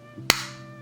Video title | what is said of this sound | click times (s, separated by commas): Beats Studio Buds Plus Long Term Review | The case itself has a nice, satisfying snap when you close the case. | 0.3 s